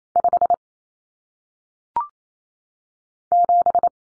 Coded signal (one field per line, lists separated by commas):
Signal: Morse code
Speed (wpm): 28 wpm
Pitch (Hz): 700 Hz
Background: none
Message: 5 7